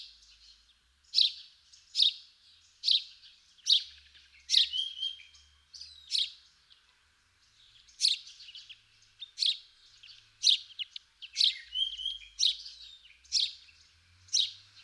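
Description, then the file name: House sparrow giving a run of sharp chirps about once a second, some in quick pairs. "Passer domesticus"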